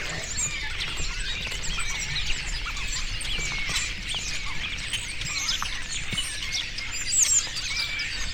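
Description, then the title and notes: Starlings in a flock give a dense, continuous chatter of overlapping squeaks, whistles and clicks throughout, with a steady low rumble underneath. Starlings resting together in trees in the afternoon, Alt Empordà. "Estorninos En Alt Empordà. Por la tarde los estorninos descansan en los árboles y como siempre, lo hacen todos juntos"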